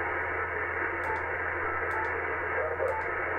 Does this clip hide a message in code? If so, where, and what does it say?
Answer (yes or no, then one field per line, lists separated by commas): no